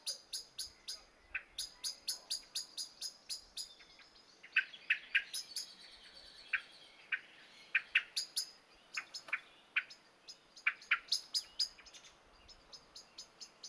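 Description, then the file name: Common blackbird calls: long runs of hard, clicking chink notes, fast and insistent, with a short stretch of fuller, lower notes in the middle. "Turdus merula"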